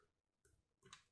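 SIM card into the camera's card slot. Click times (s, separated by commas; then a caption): 0.9 s. A SIM card is pushed into the spring-loaded card slot of an Annkee SC400 surveillance camera. A faint rustle at about 0.4 s is followed by a small, sharp click at 0.9 s as the card locks into the slot, seated.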